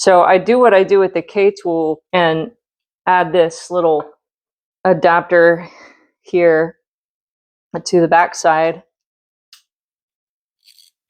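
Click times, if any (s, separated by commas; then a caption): 9.5 s. Someone talks while fitting a small retaining adapter to the backside of a Toolant 17 mm ratcheting double box-end wrench, one side ratcheting and one side fixed, to hold a 3/8 nano socket that would not otherwise snap into place. After the talking stops, a sharp click at 9.5 s marks the adapter snapping on and seating, holding the socket in place, followed by a faint tick near 10.8 s.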